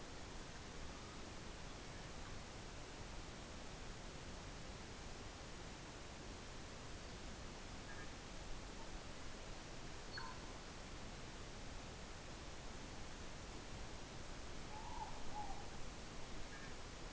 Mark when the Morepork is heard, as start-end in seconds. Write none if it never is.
14.70-15.74